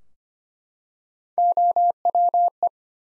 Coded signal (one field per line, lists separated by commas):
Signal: Morse code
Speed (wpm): 25 wpm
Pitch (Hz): 700 Hz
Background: none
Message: OWE